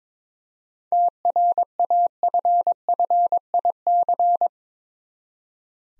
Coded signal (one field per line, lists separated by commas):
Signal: Morse code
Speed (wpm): 22 wpm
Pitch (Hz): 700 Hz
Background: none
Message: TRAFFIC